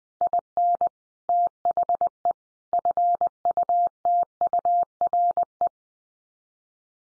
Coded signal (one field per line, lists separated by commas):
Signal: Morse code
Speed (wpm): 20 wpm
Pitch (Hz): 700 Hz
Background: none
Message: IN THE FUTURE